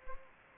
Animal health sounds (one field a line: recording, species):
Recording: mosquito wingbeat signal from an infrared sensor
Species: Anopheles gambiae